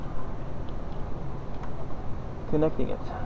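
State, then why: Not seated. On a VW A4 1.8T, during a large radiator fan replacement, the wiring harness connector is lined up with the radiator fan connector by its flat and curved ends before being pushed home. Someone talks over steady broadband background noise, with a few brief handling sounds near 2.5–2.8 s. Nothing has seated or clicked yet.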